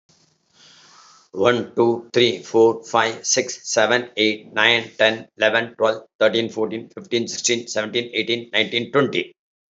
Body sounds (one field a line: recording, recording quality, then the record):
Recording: counting at a fast pace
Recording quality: excellent, no background noise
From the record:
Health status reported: respiratory illness, not identified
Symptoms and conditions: asthma, hypertension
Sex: male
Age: 81 years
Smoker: not ticked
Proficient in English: yes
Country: India